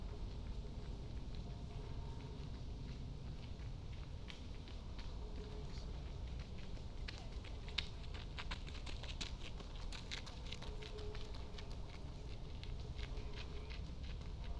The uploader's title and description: Walking in University Parks. From the back gate at St Anne’s College, in through North Gate, and along North Walk to Lazenbee’s Ground Walk, in the middle of North Walk.